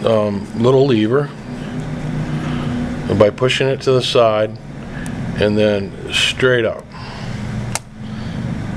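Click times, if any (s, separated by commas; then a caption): 7.8 s. Someone talks while the metal retention lever of a CPU socket on a motherboard is pushed sideways and lifted straight up to release the processor. A short, sharp click is heard at 7.8 s as the lever clicks open, releasing the processor.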